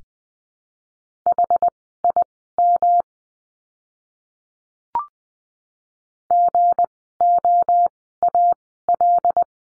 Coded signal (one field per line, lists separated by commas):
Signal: Morse code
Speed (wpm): 20 wpm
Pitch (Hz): 700 Hz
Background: none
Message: HIM GOAL